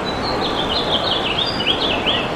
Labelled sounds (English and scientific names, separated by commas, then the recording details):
House Finch (Haemorhous mexicanus) song
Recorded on Long Island, New York, on 13 June 2011
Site MH
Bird A